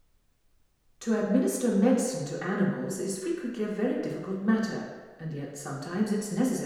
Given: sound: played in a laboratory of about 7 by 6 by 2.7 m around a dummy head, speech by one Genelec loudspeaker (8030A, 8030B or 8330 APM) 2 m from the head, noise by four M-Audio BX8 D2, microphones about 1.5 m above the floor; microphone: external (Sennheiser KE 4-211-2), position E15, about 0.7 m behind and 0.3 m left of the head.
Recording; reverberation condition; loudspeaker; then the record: female speech in English; high; 90 degrees to the left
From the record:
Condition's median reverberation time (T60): about 1300 ms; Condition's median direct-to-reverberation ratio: about -4.0 dB